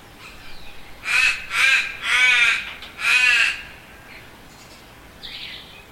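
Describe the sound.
Crow cawing: four harsh, nasal caws in quick succession, then quiet with a faint chirp near the end.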